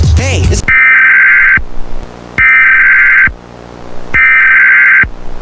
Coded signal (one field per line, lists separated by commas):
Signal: Emergency Alert System (SAME) tones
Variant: header bursts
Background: speech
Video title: Bird Television and EAS Commercials break April 2 2005 Hijacking